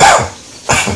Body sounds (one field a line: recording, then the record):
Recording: coughing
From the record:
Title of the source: Spring Cold Coughing 2